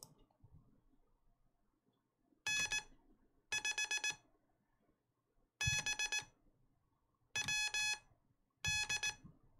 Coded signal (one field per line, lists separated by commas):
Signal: Morse code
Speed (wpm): 18 wpm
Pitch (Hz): 3400 Hz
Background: none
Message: N5BWD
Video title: I Learned CW! (well not really, but I am trying) | Learning Morse Code!